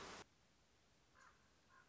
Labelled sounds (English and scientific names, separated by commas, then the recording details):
Common Raven (Corvus corax)
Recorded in Sonoma County, California